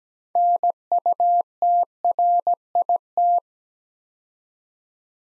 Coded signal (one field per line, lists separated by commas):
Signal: Morse code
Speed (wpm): 17 wpm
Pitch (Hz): 700 Hz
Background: none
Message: NUTRIT